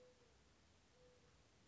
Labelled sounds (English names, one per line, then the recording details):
Mourning Dove
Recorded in Sonoma County, California